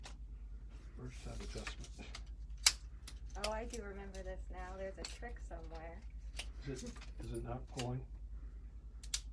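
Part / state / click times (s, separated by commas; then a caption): hiking pole section into its locking joint / seated / 9.0 s, 9.1 s. Someone talks while pulling on a telescoping or folding hiking pole section, with light handling rattles and a sharp tap near 2.7 s over a steady low hum. The section clicks into its locking joint at 9.0 s and 9.1 s, locking into place.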